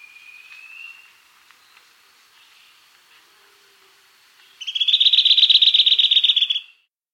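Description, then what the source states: Scalloped antbird song: a thin whistled note at the start, then after a pause a loud, rapid high trill of about two seconds ending abruptly. South America.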